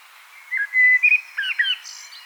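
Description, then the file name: Common blackbird song phrase: low fluty whistled notes rising and falling, then a brief thin, high-pitched twitter at the end; no other clear sounds. "Turdus merula"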